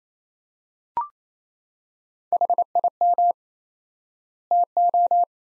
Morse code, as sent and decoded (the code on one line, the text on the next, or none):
.... .. -- / - ---
HIM TO